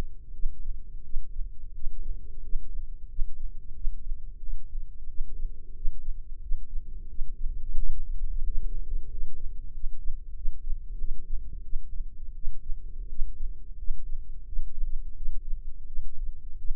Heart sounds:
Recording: heart sounds by microphone in the right ear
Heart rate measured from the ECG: 89 bpm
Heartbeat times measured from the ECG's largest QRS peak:
0.32 s: heartbeat
1.03 s: heartbeat
1.73 s: heartbeat
2.41 s: heartbeat
3.08 s: heartbeat
3.73 s: heartbeat
4.39 s: heartbeat
5.07 s: heartbeat
5.73 s: heartbeat
6.40 s: heartbeat
7.07 s: heartbeat
7.75 s: heartbeat
8.43 s: heartbeat
9.09 s: heartbeat
9.72 s: heartbeat
10.34 s: heartbeat
10.97 s: heartbeat
11.62 s: heartbeat
12.34 s: heartbeat
13.08 s: heartbeat
13.76 s: heartbeat
14.45 s: heartbeat
15.14 s: heartbeat
15.85 s: heartbeat
16.57 s: heartbeat
From the record:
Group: healthy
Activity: rest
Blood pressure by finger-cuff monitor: 110/68 mmHg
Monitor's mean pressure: 79 mmHg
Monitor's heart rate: 88 bpm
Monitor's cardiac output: 7.8 L/min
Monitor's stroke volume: 87 mL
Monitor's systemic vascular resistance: 730 dyn s/cm5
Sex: male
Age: 19 years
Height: 178 cm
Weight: 83 kg

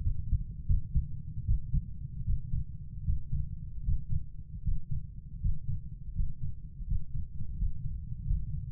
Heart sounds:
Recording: heart sounds by stethoscope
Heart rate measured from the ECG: 80 bpm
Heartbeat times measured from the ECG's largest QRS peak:
0.01 s: heartbeat
0.65 s: heartbeat
1.45 s: heartbeat
2.24 s: heartbeat
3.03 s: heartbeat
3.83 s: heartbeat
4.62 s: heartbeat
5.40 s: heartbeat
6.14 s: heartbeat
6.86 s: heartbeat
7.57 s: heartbeat
8.25 s: heartbeat
From the record:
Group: healthy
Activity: Valsalva maneuver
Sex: female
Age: 43 years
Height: 160 cm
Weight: 90 kg

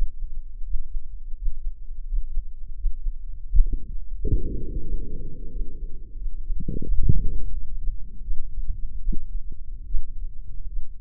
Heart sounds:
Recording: heart sounds by microphone in the left ear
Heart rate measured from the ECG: 84 bpm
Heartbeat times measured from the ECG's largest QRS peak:
0.63 s: heartbeat
1.35 s: heartbeat
2.06 s: heartbeat
2.75 s: heartbeat
3.44 s: heartbeat
4.12 s: heartbeat
4.82 s: heartbeat
5.50 s: heartbeat
6.16 s: heartbeat
6.83 s: heartbeat
7.52 s: heartbeat
8.22 s: heartbeat
9.00 s: heartbeat
9.86 s: heartbeat
10.68 s: heartbeat
From the record:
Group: healthy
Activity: Valsalva maneuver 0-6 s, rest 6-11 s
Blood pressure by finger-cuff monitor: 101/74 mmHg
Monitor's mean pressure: 85 mmHg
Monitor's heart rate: 85 bpm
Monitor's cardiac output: 7.2 L/min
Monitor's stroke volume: 83 mL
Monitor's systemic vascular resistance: 840 dyn s/cm5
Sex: male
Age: 57 years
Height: 188 cm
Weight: 106 kg

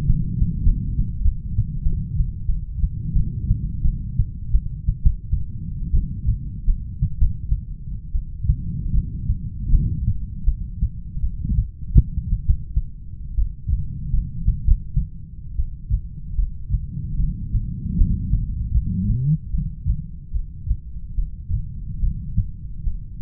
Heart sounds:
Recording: heart sounds by stethoscope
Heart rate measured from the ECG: 82 bpm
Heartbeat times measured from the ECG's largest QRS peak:
0.07 s: heartbeat
0.65 s: heartbeat
1.24 s: heartbeat
1.84 s: heartbeat
2.48 s: heartbeat
3.15 s: heartbeat
3.84 s: heartbeat
4.53 s: heartbeat
5.02 s: heartbeat
5.93 s: heartbeat
6.67 s: heartbeat
7.19 s: heartbeat
8.13 s: heartbeat
8.93 s: heartbeat
9.72 s: heartbeat
10.47 s: heartbeat
11.22 s: heartbeat
11.96 s: heartbeat
12.46 s: heartbeat
13.37 s: heartbeat
14.13 s: heartbeat
14.66 s: heartbeat
15.58 s: heartbeat
16.38 s: heartbeat
17.19 s: heartbeat
17.98 s: heartbeat
18.74 s: heartbeat
19.53 s: heartbeat
20.34 s: heartbeat
21.17 s: heartbeat
22.02 s: heartbeat
22.86 s: heartbeat
From the record:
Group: heart failure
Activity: rest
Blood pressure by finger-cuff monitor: 106/65 mmHg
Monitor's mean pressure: 80 mmHg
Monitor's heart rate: 80 bpm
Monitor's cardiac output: 8.6 L/min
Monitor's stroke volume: 100 mL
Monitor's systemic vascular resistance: 670 dyn s/cm5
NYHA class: 1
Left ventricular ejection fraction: 39%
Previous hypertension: present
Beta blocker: carvedilol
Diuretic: furosemide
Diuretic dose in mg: 20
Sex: male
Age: 60 years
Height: 178 cm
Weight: 62 kg

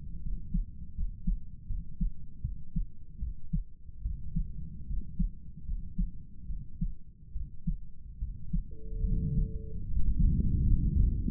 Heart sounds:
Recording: heart sounds by stethoscope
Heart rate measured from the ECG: 75 bpm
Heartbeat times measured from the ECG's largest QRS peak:
0.22 s: heartbeat
0.94 s: heartbeat
1.67 s: heartbeat
2.42 s: heartbeat
3.20 s: heartbeat
4.03 s: heartbeat
4.87 s: heartbeat
5.65 s: heartbeat
6.47 s: heartbeat
7.33 s: heartbeat
8.20 s: heartbeat
9.04 s: heartbeat
9.86 s: heartbeat
10.64 s: heartbeat
From the record:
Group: healthy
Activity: rest 0-9 s, breath hold 9-11 s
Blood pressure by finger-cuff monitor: 112/63 mmHg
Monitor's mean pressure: 77 mmHg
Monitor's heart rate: 74 bpm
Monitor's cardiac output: 7.5 L/min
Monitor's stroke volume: 101 mL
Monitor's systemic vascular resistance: 750 dyn s/cm5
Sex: male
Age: 35 years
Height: 180 cm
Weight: 86.9 kg

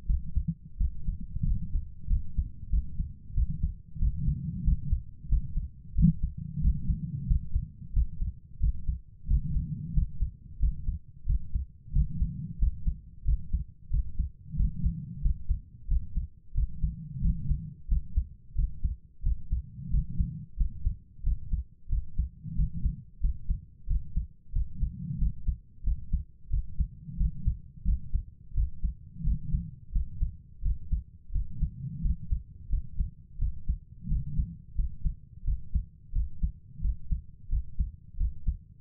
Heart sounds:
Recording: heart sounds by stethoscope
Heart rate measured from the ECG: 90 bpm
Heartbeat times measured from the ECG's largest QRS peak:
0.05 s: heartbeat
0.76 s: heartbeat
1.42 s: heartbeat
2.06 s: heartbeat
2.69 s: heartbeat
3.33 s: heartbeat
3.98 s: heartbeat
4.63 s: heartbeat
5.28 s: heartbeat
5.94 s: heartbeat
6.60 s: heartbeat
7.26 s: heartbeat
7.92 s: heartbeat
8.59 s: heartbeat
9.26 s: heartbeat
9.93 s: heartbeat
10.58 s: heartbeat
11.25 s: heartbeat
11.91 s: heartbeat
12.58 s: heartbeat
13.24 s: heartbeat
13.89 s: heartbeat
14.55 s: heartbeat
15.20 s: heartbeat
15.87 s: heartbeat
16.53 s: heartbeat
17.20 s: heartbeat
17.87 s: heartbeat
18.54 s: heartbeat
19.22 s: heartbeat
19.89 s: heartbeat
20.56 s: heartbeat
21.22 s: heartbeat
21.88 s: heartbeat
22.54 s: heartbeat
23.19 s: heartbeat
23.86 s: heartbeat
24.51 s: heartbeat
25.17 s: heartbeat
25.82 s: heartbeat
26.49 s: heartbeat
27.16 s: heartbeat
27.83 s: heartbeat
28.53 s: heartbeat
29.22 s: heartbeat
29.91 s: heartbeat
30.61 s: heartbeat
31.31 s: heartbeat
32.00 s: heartbeat
32.68 s: heartbeat
33.37 s: heartbeat
34.07 s: heartbeat
34.74 s: heartbeat
35.43 s: heartbeat
36.11 s: heartbeat
36.80 s: heartbeat
37.48 s: heartbeat
38.16 s: heartbeat
From the record:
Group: healthy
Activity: rest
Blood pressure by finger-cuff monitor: 112/67 mmHg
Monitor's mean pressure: 83 mmHg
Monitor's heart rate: 90 bpm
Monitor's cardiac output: 7.1 L/min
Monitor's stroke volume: 81 mL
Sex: female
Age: 32 years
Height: 172 cm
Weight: 71.7 kg

